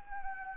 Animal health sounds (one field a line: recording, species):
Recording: mosquito wingbeat signal from an infrared sensor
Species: Anopheles arabiensis